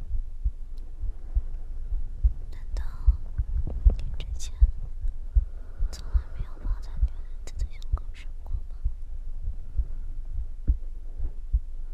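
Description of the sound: A woman's heartbeat heard close up, as if resting your head on her chest, with soft whispering in the later part.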